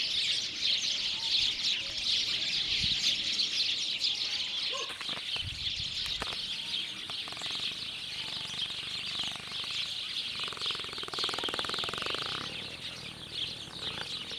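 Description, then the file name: House sparrow chatter of many rapid overlapping chirps, with a few clicks and a brief steady mid-pitched tone later on. "Passer domesticus"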